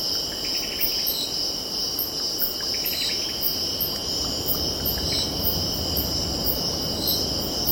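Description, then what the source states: Cicada chorus holding a continuous shrill buzz, with a faster pulsed layer above it, brief chirping bird notes, and a steady roar of waves underneath. Cicadas stridulating with birds calling and distant ocean in background.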